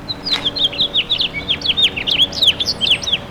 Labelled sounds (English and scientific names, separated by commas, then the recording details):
House Finch (Haemorhous mexicanus) song
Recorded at Babylon on Long Island, New York, on 18 May 2013
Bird F